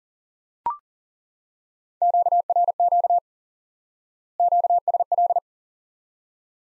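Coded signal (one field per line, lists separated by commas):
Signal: Morse code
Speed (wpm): 40 wpm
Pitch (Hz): 700 Hz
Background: none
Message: QRQ QSL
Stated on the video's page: High-speed (QRQ) Morse lesson teaching common QSO elements by instant word recognition.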